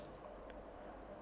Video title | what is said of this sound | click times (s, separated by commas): Fix - Replace Subaru KeyFob Battery | and press the side in. You should again hear a click | 0.1 s